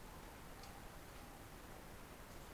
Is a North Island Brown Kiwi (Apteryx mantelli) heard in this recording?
no